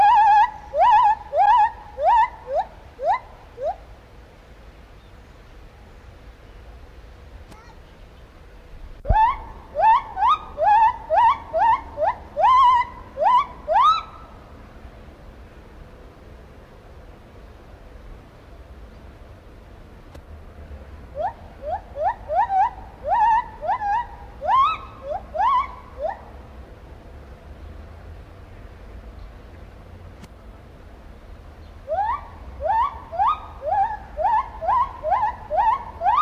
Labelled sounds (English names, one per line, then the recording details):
Lar Gibbon
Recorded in captivity
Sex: female
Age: adult
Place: Zoo Berlin, Berlin, DE
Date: 1994-08-27
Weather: heiter, 16-22°C
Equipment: Marantz CP 430, Sennheiser ME 80, Kopie Uher Variocord 263
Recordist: Tembrock, Günter
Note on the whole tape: Weibchen: Lautfolgen, Ansatz zum "Großen Gesang" (das helle Weibchen) - längere Stücke; Geräusch Springbrunnen